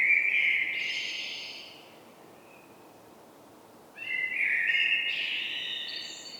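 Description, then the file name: Common blackbird song in two phrases separated by a pause, each a rich flute-like warble topped by high twittering notes. "Turdus merula"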